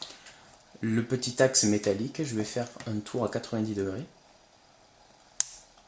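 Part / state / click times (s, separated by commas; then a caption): metal reset axle in combination lock body / seated / 5.4 s. On an unlocked combination cable lock for a bike, the small metal reset axle in the lock body is turned 90 degrees. Someone talks from about 0.8 to 4.1 s, then after a quiet pause one sharp click at 5.4 s shows the axle has seated in the code-change position.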